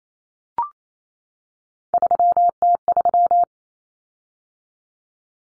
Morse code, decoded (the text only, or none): 3T3